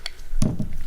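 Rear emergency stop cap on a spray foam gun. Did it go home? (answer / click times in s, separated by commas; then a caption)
yes / 0.1 s, 0.4 s. The rear emergency stop cap on a Fusion FX spray foam gun is turned clockwise to the emergency stop position so that it locks in place. Two sharp clicks are heard at 0.1 s and 0.4 s, followed by faint low handling sounds, and the cap is locked in place.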